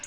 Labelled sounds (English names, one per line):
Black-throated Blue Warbler flight call